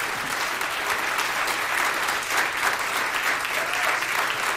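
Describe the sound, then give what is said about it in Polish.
Sustained audience applause for a violin performance at a Polskie Radio Trójka event, January 2025: a dense wash of many hands clapping at a steady, even level throughout, with no voices standing out above it. “Wielkie brawa.”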